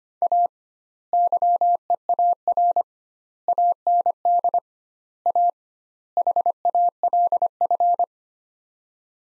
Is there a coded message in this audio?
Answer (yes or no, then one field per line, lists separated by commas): yes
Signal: Morse code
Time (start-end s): 0.2-8.0 s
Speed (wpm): 25 wpm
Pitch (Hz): 700 Hz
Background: none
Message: A YEAR AND A HALF